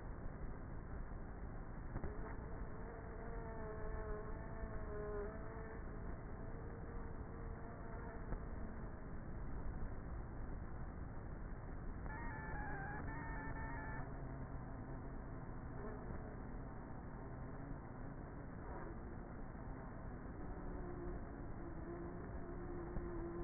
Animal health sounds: honeybee colony, microphone inside the hive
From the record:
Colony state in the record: queenless with a low population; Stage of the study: before two queens were removed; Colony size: about 30,000 bees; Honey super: no

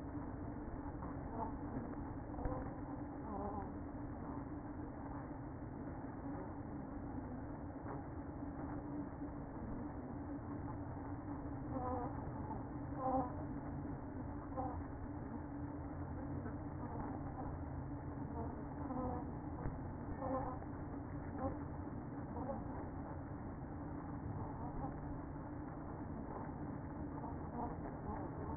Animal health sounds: honeybee colony, microphone inside the hive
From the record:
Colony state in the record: queen present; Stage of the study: after two queens were removed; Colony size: about 60,000 bees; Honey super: yes

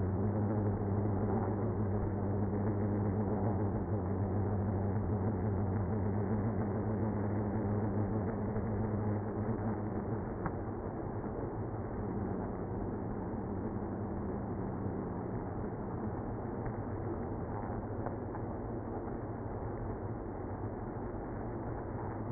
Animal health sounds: honeybee colony, microphone inside the hive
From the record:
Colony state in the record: queenless (queen removed); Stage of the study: after two queens were removed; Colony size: about 60,000 bees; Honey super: yes

